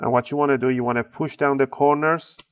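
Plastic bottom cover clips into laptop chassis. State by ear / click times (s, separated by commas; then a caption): not seated / none. The plastic bottom cover of an Acer Aspire 3 N19C1 laptop is brought over to be pressed down at the corners so its clips snap back into the chassis after a RAM upgrade. Someone talks throughout the 2.5 seconds. Nothing has seated or clicked yet.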